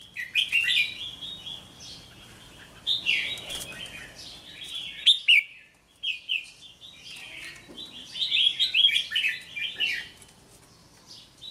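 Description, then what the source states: Red-whiskered bulbul song: bursts of bright, chattering warbled phrases, a brief pause midway, then another lively run of notes. Song of the 'hót chè' style.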